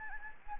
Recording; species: mosquito wingbeat signal from an infrared sensor; Anopheles gambiae